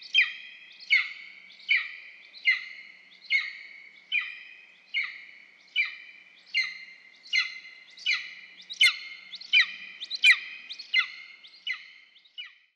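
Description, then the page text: Golden eagle calls: a steady run of about seventeen high, ringing yelps, each starting sharply and trailing into a held tone, spaced under a second apart. Synevyr area, Ukraine. "Орел-беркут (Aquila chrysaetos)"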